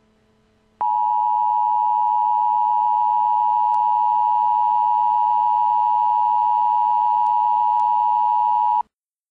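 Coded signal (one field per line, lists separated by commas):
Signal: Emergency Alert System (SAME) tones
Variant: 853 and 960 Hz attention tone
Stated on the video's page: Simulated Emergency Alert System dam break warnings for Kentucky, Arkansas and Missouri.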